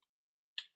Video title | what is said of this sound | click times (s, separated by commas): Webinar: Simplifying Skeletal Traction | that clicks into place and now it's in there make sure you're pushing on that that blue | 0.6 s